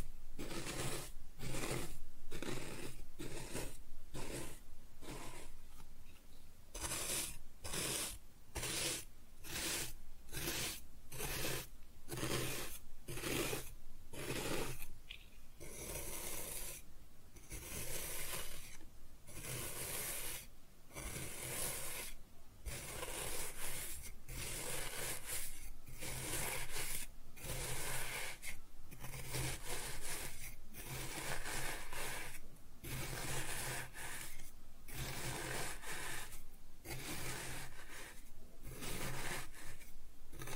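Kinetic sand is cut and scooped in a steady, regular rhythm of short gritty strokes, roughly one or two per second throughout. Each stroke is a bright, dry rasping scrape, with a faint low hum sitting underneath the whole time.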